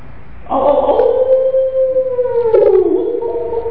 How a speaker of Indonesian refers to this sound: Bahkan suara apa yang menakutkan kadang-kadang kalau kelingan malam suara serigala.